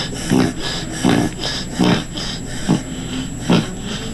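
A dog reverse sneezing: repeated harsh, snorting inward pulls through the nose, about 76 a minute, louder and longer at first and then shorter. The mouth is closed and air is sucked in through the nostrils rather than blown out. The most common cause is irritation of the soft palate in the throat, leading to spasm.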